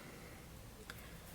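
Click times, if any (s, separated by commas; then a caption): none. During reassembly of a Quietcarry Waypoint folding knife, a body screw is being turned while a component sits between the handle scales. Low, steady handling noise carries a small tick at 0.9 s and a sharper hit at 1.4 s as the clip ends. Nothing has seated or clicked into place yet.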